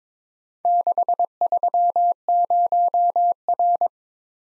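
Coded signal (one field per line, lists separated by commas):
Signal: Morse code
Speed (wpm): 22 wpm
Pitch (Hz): 700 Hz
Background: none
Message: 630R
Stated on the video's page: Morse practice set at 22 wpm: random four-character letter-number groups, each sent, then spoken, then sent again.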